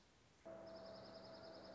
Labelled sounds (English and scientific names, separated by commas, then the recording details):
Dark-eyed Junco (Junco hyemalis)
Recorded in Sonoma County, California